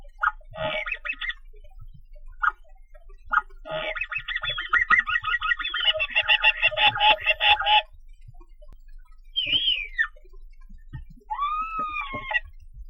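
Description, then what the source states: Starling calls: a mix of chattering rattles and a few whistled notes, some rising and falling. Ambient recording, 1 August 2009.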